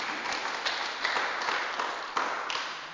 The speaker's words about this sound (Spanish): No vino. Vaya. Démosle un aplauso aunque no esté presente.